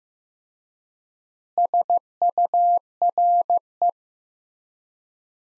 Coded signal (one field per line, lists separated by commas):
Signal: Morse code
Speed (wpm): 15 wpm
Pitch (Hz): 700 Hz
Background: none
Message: SURE